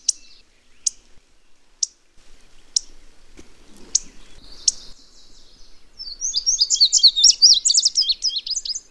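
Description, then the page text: Indigo bunting: sharp high chip notes about once a second, then a rapid high-pitched series of notes. Call note a buzzy cheet; male song a high-pitched series of distinct paired notes. "Indigo Bunting. Audio (M. Oberle)"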